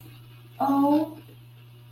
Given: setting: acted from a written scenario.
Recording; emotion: vocal sound without words; adoration